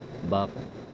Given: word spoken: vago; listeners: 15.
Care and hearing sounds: one Spanish word in noise, from a listening test; noise modulated by three-talker babble; 10.2 dB; 2 of 15; 8 of 15; 0.54 s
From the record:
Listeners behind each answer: 8, 4, 2, 1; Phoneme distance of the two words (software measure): 14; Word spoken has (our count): 2 syllables, 4 phonemes, stress on syllable 1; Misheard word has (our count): 1 syllable, 2 phonemes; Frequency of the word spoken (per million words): 5.61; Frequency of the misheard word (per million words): 452.92

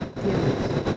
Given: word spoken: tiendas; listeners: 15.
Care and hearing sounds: one Spanish word in noise, from a listening test; noise modulated by three-talker babble; -6.5 dB; 1 of 15; 7 of 15; 0.57 s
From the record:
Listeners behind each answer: 7, 1, 1, 1, 1, 1, 1, 1, 1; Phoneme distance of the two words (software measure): 17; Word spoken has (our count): 2 syllables, 7 phonemes, stress on syllable 1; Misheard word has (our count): 2 syllables, 6 phonemes, stress on syllable 1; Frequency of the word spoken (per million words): 20.29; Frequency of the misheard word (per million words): 75.19

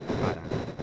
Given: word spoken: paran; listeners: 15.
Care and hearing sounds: one Spanish word in noise, from a listening test; noise modulated by three-talker babble; -6.3 dB; 2 of 15; 6 of 15; 0.43 s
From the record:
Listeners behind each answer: 6, 2, 2, 1, 1, 1, 1, 1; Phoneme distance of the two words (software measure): 7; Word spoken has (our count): 2 syllables, 5 phonemes, stress on syllable 1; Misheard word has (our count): 2 syllables, 4 phonemes, stress on syllable 1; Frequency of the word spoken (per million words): 2.78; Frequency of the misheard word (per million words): 6962.26

